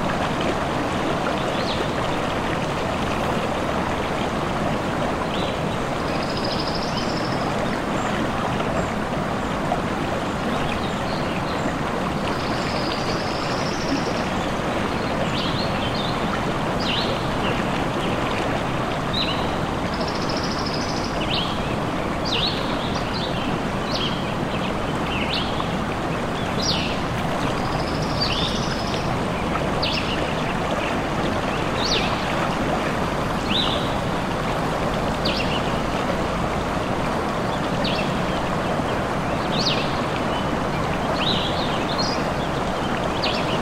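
A forest stream flows in a steady, dense rush of water that holds the same level throughout, with a full, rumbling low end. Small birds chirp high above it, sparse at first, then more often in quick calls through the second half.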